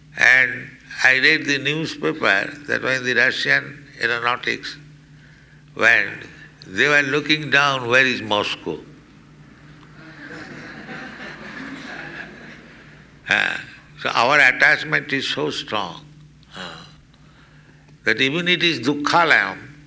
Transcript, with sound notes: And I read the newspaper that when the Russian aeronautics went, they were looking down, "Where is Moscow?" [laughter] So our attachment is so strong, that even it is duḥkhālayam...